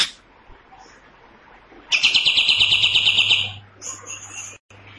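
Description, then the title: Cream-vented bulbul pouring out a loud, grating run of fast pulsed notes for over a second, followed by thin high chirps, over a low hum. Loud, harsh, long song, used to train songbirds. "Pikat Masteran Kapas Tembak. Tembakan Panjang Kapas Tembak Gacor Suara Lantang Kasar"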